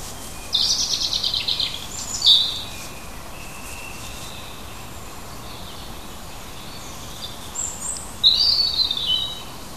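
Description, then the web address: Bird song: a short high warbled phrase, then a pause, then another bright twittering phrase near the end, over steady light background noise. Native hedge birds recorded in June, from school biology teaching material on hedge ecology. "oeko hecke vogel juni vogel j 6 3 heimisch"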